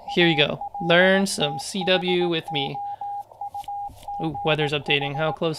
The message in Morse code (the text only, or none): ALTHOUGH